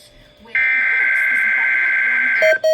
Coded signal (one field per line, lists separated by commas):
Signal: Emergency Alert System (SAME) tones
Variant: header bursts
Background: speech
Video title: Required Weekly Test (EAS #42)